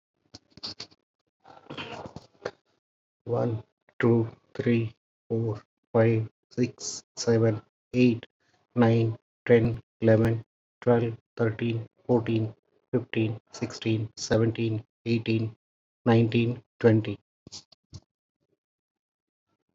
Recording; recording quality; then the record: counting at a normal pace; excellent, no background noise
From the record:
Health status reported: COVID-19 positive, mild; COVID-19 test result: positive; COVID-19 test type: RT-PCR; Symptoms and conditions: cough, diabetes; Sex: male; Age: 60 years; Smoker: no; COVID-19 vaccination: both doses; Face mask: not worn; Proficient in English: yes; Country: India